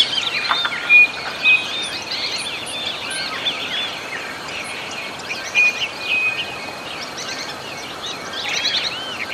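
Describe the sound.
Bird calls: busy overlapping chirps and short whistles, with a few clear flat whistled notes, over a constant background hiss.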